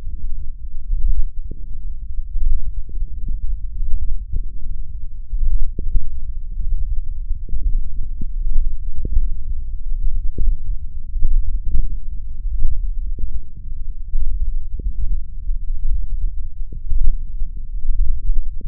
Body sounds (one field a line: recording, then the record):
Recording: forearm muscle sounds (acoustic myography)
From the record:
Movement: wrist extension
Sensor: system 1, eight BSWA MPA416 microphones around the upper forearm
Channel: 8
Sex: male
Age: 21 years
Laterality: right